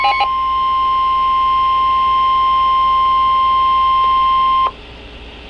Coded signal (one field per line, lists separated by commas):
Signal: Emergency Alert System (SAME) tones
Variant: 1050 Hz attention tone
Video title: Severe Thunderstorm Warning (EAS #53)